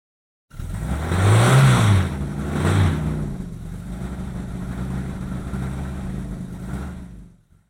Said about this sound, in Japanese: これはタクシーです。それもタクシーです。